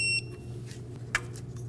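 A torque wrench set to 6 ft-lb tightens the ignition coil hold-down bolt on a 2008-2015 Scion xB 2.4L L4 during a spark plug replacement. A brief high-pitched tone sounds for the first 0.2 s, followed by a low steady hum with faint ticks. A single sharp click at 1.2 s shows the wrench reaching its setting.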